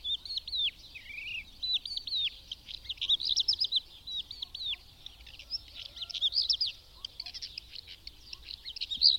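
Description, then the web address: Bird song, rapid high twittering notes and short whistles running almost without pause, one lower slurred phrase early on, over faint low background noise. "madarak enek"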